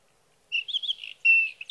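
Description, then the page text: Sage thrasher song fragment, quick warbled notes followed by a longer sustained whistle and a final chirp. Songs of a male at his night roost, sung through the night, June 12 to 15, 2018, Sierra Valley, California; recorded with a Swift recorder. "61. Sage thrasher songs, through the night."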